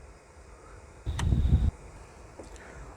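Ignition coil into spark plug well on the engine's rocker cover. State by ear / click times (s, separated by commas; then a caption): seated / 1.2 s. On an RS3 / TT RS engine, an ignition coil with a greased top rubber boot is pushed down through the spark plug well in the rocker cover onto the spark plug in the cylinder head during reinstallation. A dull pressing rumble runs from about 1.1 to 1.7 s, with a sharp click at 1.2 s as the coil seats, and a faint tick follows at 2.6 s. The coil is seated.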